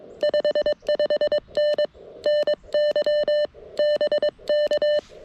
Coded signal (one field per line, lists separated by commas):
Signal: Morse code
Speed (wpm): 22 wpm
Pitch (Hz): 600 Hz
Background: none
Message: 55N NY BK